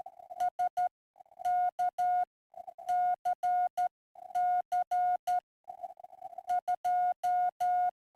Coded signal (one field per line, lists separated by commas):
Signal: Morse code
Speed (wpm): 14 wpm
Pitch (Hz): 720 Hz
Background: none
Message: SKCC 2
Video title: SKCC Sprint 4-12-2026